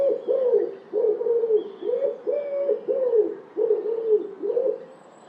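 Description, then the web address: Common wood pigeon cooing: soft, deep, hollow notes repeated in a rhythmic run, each coo slightly arched in pitch and separated by short pauses. "cianscape. Deverinetal. Bird Only"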